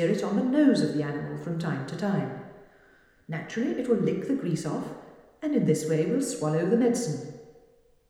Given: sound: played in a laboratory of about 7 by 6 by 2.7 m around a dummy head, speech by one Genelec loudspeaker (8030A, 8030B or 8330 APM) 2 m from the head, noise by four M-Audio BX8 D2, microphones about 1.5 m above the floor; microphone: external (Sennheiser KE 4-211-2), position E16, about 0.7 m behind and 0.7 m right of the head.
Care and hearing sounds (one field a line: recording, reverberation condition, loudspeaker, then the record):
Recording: female speech in English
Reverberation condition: high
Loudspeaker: 120 degrees to the right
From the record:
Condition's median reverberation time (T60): about 1300 ms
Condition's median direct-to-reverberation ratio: about -4.0 dB